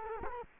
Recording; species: mosquito wingbeat signal from an infrared sensor; Culex quinquefasciatus